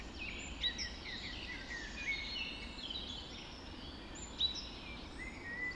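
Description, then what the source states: Birds in a birds, bright whistled phrases and quick chips, a few sharper calls standing out. Birds recorded just after dawn in the Forest of Dean.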